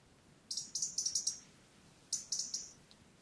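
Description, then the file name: European robin calls, a fast run of high ticking notes followed by a shorter second run about a second and a half later. "Erithacus rubecula"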